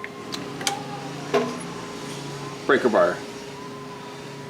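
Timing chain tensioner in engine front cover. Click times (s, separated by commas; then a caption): 0.7 s. After a timing chain change on a Chevy HHR engine, the engine is turned by hand with a breaker bar on the crank pulley while someone talks. The steel timing chain tensioner in the engine front cover ratchets out with a sharp click at 0.7 s, surrounded by a few lighter ticks. The click shows the tensioner is activated.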